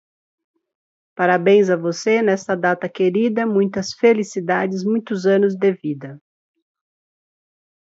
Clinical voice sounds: short text; Brazilian Portuguese; female; 50 to 59 years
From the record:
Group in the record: control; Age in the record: 53 years

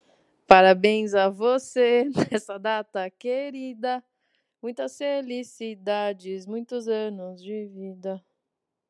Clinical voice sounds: short text; Brazilian Portuguese; female; 30 to 39 years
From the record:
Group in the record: control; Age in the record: 37 years

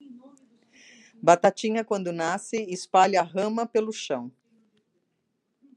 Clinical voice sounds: short text; Brazilian Portuguese; female; 50 to 59 years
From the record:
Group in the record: control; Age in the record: 59 years

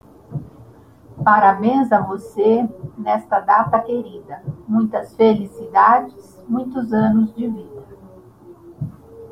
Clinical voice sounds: short text; Brazilian Portuguese; female; 60 to 69 years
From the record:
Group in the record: control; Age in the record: 61 years

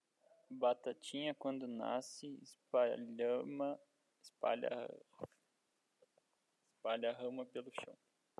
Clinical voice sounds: short text; Brazilian Portuguese; male; 18 to 19 years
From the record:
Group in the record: control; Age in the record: 19 years

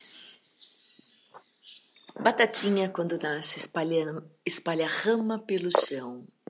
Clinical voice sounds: short text; Brazilian Portuguese; female; 50 to 59 years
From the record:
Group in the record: control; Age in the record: 58 years

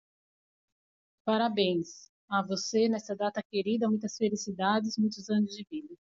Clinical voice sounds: short text; Brazilian Portuguese; female; 40 to 49 years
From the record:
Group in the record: control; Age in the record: 48 years

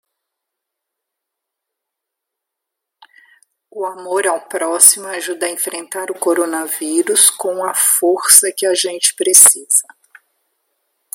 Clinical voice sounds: spoken sentence; Brazilian Portuguese; female; 60 to 69 years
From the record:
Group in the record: control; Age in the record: 60 years

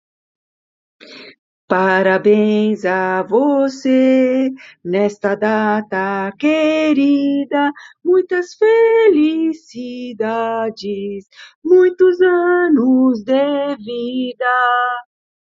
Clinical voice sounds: short text; Brazilian Portuguese; female; 60 to 69 years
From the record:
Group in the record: control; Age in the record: 60 years

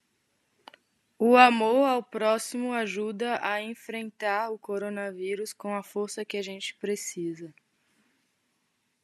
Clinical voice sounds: spoken sentence; Brazilian Portuguese; female; 20 to 29 years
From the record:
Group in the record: control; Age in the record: 27 years

